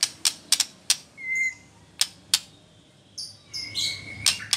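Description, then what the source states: White-rumped shama giving a short, clear whistle, then a longer steady whistle near the end, mixed with loud, sharp clicking ticks. Female bird.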